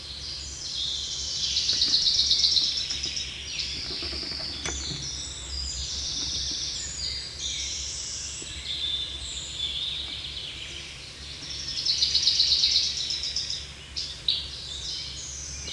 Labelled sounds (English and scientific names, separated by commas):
Common Chaffinch (Fringilla coelebs) song